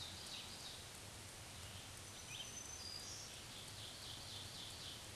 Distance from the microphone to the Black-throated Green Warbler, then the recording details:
about 35 m. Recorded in a Pennsylvania forest on 1 June 2023 at 07:55. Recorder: AudioMoth, point grid3_38_high. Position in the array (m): 257 m, 138 m